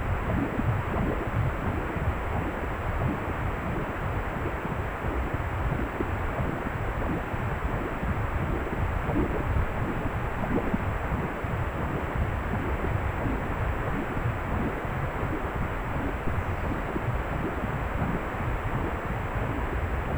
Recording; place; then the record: Doppler ultrasound of blood flow; precordium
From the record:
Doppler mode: pulsed wave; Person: healthy adult, 18 to 50 years, no heart murmur, not diving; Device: 2.5 MHz transducer